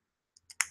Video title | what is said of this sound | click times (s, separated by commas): 2dogrc.com Live Stream With New Products from iFlight, Diatone and Betaflight 3.2! | can almost hear a click so you kind of snap your battery on and that holds your battery on it's | 0.6 s